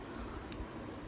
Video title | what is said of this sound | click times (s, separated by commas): Organize My Jewellery With Me! - Jewellery Storage Hacks + Life Chat | bracelet यह ऐसे lock हो जाता है। | 0.5 s